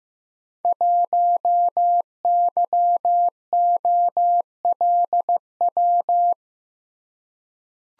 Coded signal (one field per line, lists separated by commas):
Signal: Morse code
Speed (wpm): 15 wpm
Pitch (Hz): 700 Hz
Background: none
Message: 1YOLW